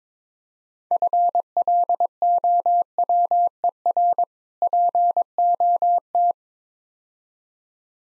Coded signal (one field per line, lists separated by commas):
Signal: Morse code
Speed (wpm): 22 wpm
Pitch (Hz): 700 Hz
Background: none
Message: FLOWER POT